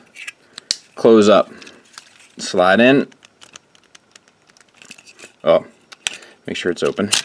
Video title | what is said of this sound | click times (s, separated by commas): Maketoys Guardia Transformers 3rd Party Defensor | till it clicks | 0.7 s